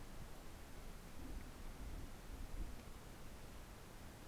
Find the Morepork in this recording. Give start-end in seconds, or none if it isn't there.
none